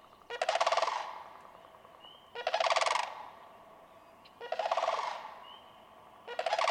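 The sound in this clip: Sandhill crane calls: rolling, purring rattles, each under a second, repeated about every two seconds, four times, with a faint whistled note in the pauses.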